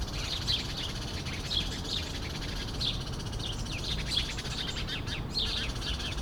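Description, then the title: Sparrows chirping continuously in a dense run of short high chirps, with a constant low traffic hum underneath. Sparrows sheltering in a laurel bush at Rue de l'Église, Bassens, France, around 6 pm, with traffic noise in the background. "11 Rue de l'Église, Bassens, France - Moineaux"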